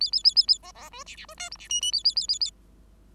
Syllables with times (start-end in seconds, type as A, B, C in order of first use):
0.00-0.11 A, 0.12-0.23 A, 0.24-0.34 A, 0.35-0.46 A, 0.48-0.58 A, 0.63-0.72 B, 0.74-0.89 B, 0.92-1.04 C, 1.06-1.16 D, 1.16-1.25 D, 1.28-1.34 C, 1.37-1.50 E, 1.51-1.57 F, 1.58-1.68 D, 1.69-1.81 G, 1.81-1.92 G, 1.92-2.03 A, 2.04-2.15 A, 2.16-2.27 A, 2.28-2.39 A, 2.40-2.51 A